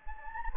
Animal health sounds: mosquito wingbeat signal from an infrared sensor; Anopheles gambiae

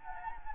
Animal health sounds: mosquito wingbeat signal from an infrared sensor; Anopheles gambiae

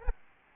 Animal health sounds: mosquito wingbeat signal from an infrared sensor; Aedes albopictus

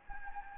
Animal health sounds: mosquito wingbeat signal from an infrared sensor; Anopheles gambiae

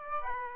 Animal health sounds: mosquito wingbeat signal from an infrared sensor; Aedes aegypti

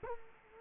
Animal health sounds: mosquito wingbeat signal from an infrared sensor; Culex quinquefasciatus

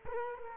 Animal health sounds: mosquito wingbeat signal from an infrared sensor; Culex quinquefasciatus

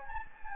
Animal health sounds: mosquito wingbeat signal from an infrared sensor; Anopheles gambiae

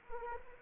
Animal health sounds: mosquito wingbeat signal from an infrared sensor; Anopheles arabiensis

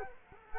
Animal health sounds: mosquito wingbeat signal from an infrared sensor; Culex quinquefasciatus

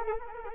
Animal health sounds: mosquito wingbeat signal from an infrared sensor; Anopheles arabiensis

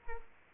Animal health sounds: mosquito wingbeat signal from an infrared sensor; Culex quinquefasciatus

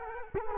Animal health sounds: mosquito wingbeat signal from an infrared sensor; Culex quinquefasciatus

